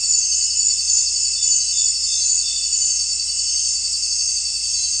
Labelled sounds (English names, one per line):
none